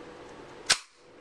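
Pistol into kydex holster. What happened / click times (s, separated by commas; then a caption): The item snapped into the rigid plastic holster / 0.7 s. A pistol, an M&P, is pushed into an open-top Uncle Mike's Law Enforcement kydex paddle holster until the retention engages. A single sharp, bright click at 0.7 s stands out from a steady low background hiss, which drops quieter right after. The pistol is seated and retained in the holster.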